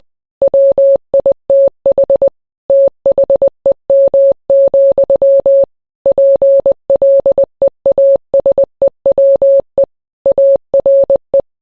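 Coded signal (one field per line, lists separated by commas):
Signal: Morse code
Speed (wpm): 20 wpm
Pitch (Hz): 550 Hz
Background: none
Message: WITH THEM, PLEASE WE ARE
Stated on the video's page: Fictional analog-horror recreation presented as an intercepted shortwave Morse transmission from an unknown source, repeating a warning.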